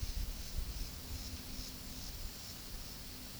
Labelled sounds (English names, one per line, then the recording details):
none
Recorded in pastures near Puerto Asís, Putumayo, Colombia, on 20 February 2024 at 13:30
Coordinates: 0.486, -76.323
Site G6462